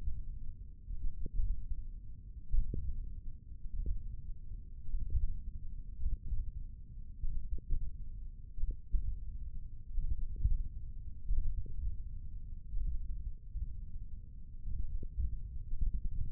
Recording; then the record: forearm muscle sounds (acoustic myography)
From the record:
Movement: tripod grip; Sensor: system 1, eight BSWA MPA416 microphones around the upper forearm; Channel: 1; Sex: male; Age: 20 years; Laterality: left